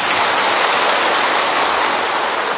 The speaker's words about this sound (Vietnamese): Các vị cho một tràng pháo tay.